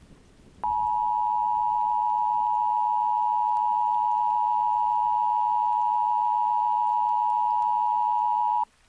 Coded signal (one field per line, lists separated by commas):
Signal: Emergency Alert System (SAME) tones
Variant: 853 and 960 Hz attention tone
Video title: EAS Scenario - Hudson River Valley Flood